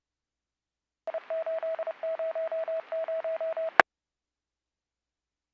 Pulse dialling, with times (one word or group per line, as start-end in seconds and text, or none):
none